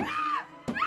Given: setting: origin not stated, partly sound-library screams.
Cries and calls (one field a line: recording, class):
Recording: one-second piece from a danger detection set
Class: woman in danger